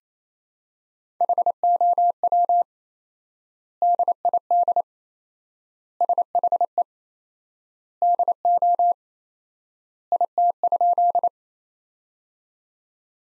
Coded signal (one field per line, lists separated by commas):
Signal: Morse code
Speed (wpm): 28 wpm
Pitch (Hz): 700 Hz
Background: none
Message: HOW DID SHE DO IT?